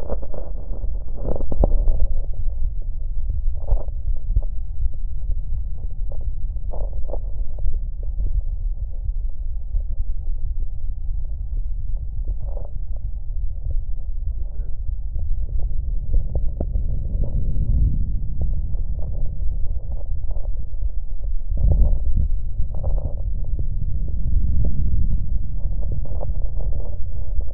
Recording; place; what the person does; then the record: lung sounds by stethoscope; left posterior apical chest; quiet breathing, then deep breathing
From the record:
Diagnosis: none (healthy); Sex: male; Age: 23 years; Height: 185 cm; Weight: 93 kg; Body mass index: 27.2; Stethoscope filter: extended mode